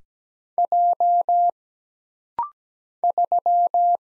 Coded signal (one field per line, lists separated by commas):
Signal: Morse code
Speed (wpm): 17 wpm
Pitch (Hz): 700 Hz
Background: none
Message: J 3